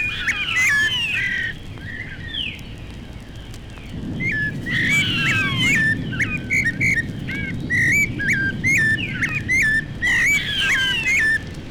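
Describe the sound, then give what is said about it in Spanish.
A chimango caracara gives a series of shrill, screeching calls, short repeated notes in quick bursts, over a steady low rumble of background noise with no one talking. “La más común de las rapaces del llano, el chimango, emite su chillido.”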